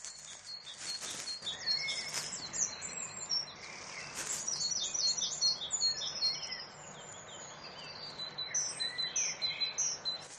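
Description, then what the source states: Great tit song: bright, high two-note phrases repeated in quick rhythmic series, with other birds calling in the background. Same male switched from teacher-teacher to patink song; males may alter song to suit the females around.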